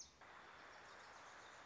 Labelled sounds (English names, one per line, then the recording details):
Wilson's Warbler
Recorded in Sonoma County, California